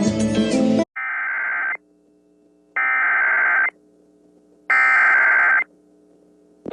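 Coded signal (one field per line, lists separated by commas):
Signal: Emergency Alert System (SAME) tones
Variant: header bursts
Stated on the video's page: Received EAS alerts from various US states, Canada and US territories.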